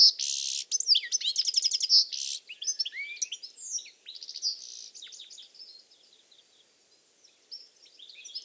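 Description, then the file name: European goldfinch song opening with a loud buzzy wheeze and quick trill, then a scratchy, twittering sequence of varied notes that fades out. "Carduelis carduelis"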